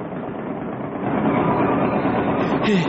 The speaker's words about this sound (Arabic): ايه رايك بقى؟ بسم الله ما شاء الله، بسم الله ما شاء الله. انت يا ابني دورت الموتور على الارض في الاوضه.